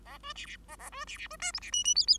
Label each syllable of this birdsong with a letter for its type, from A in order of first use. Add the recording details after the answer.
A B C C A A B C C B D E C F F G G. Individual Bird5